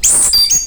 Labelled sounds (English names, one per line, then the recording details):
Stitchbird song
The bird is a male
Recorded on Tiritiri Matangi Island, New Zealand, in 2005
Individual 3, of nest box 3